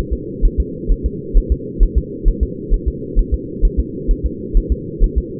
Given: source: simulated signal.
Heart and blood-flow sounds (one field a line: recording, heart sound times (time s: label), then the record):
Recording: fetal heart sounds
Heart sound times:
0.13 s: S2
0.45 s: S1
0.60 s: S2
0.92 s: S1
1.06 s: S2
1.38 s: S1
1.52 s: S2
1.83 s: S1
1.98 s: S2
2.28 s: S1
2.43 s: S2
2.74 s: S1
2.88 s: S2
3.19 s: S1
3.34 s: S2
3.65 s: S1
3.80 s: S2
4.11 s: S1
4.26 s: S2
4.57 s: S1
4.72 s: S2
5.04 s: S1
5.18 s: S2
From the record:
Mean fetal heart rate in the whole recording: 130 bpm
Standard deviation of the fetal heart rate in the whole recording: 2 bpm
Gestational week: 38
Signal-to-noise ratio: -4.1 dB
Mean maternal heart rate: no maternal heart sound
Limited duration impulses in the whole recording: absent